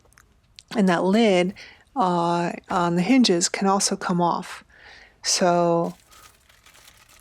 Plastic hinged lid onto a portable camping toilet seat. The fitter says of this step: then it also has a lid that snaps into place